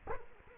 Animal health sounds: mosquito wingbeat signal from an infrared sensor; Culex quinquefasciatus

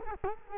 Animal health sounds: mosquito wingbeat signal from an infrared sensor; Culex quinquefasciatus

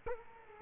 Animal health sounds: mosquito wingbeat signal from an infrared sensor; Culex quinquefasciatus

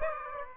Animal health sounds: mosquito wingbeat signal from an infrared sensor; Aedes aegypti

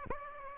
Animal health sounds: mosquito wingbeat signal from an infrared sensor; Aedes aegypti

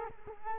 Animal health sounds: mosquito wingbeat signal from an infrared sensor; Culex quinquefasciatus

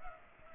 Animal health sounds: mosquito wingbeat signal from an infrared sensor; Culex pipiens

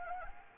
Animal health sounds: mosquito wingbeat signal from an infrared sensor; Anopheles arabiensis

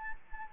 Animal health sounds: mosquito wingbeat signal from an infrared sensor; Anopheles gambiae

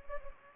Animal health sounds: mosquito wingbeat signal from an infrared sensor; Anopheles gambiae

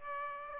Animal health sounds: mosquito wingbeat signal from an infrared sensor; Aedes aegypti

